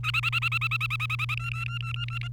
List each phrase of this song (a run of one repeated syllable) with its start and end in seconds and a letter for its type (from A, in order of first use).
0.03-1.35 A, 1.37-2.28 B